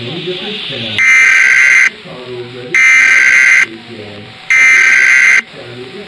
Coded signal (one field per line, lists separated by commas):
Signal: Emergency Alert System (SAME) tones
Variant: header bursts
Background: speech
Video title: Toca life story emergency alert system tornado 3/4/00 9:58 am